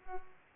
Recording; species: mosquito wingbeat signal from an infrared sensor; Culex pipiens